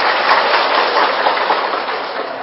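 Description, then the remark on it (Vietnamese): An audience in a hall at a Buddhist dharma talk by the monk Thích Phước Tiến applauds steadily, a dense, continuous wash of many hands clapping at a fairly loud level that eases off slightly toward the end, with no voices over it. “Tôi chưa làm được gì cho các vị mà thiếu nợ mấy tràng pháo tay.”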